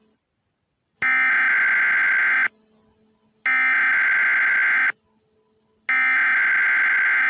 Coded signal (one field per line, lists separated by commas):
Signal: Emergency Alert System (SAME) tones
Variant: header bursts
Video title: The Hawaii wedge An EAS Scenario part 1